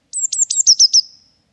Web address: cianscape birddata Deverinetal 2025 Bird Only Cy Ca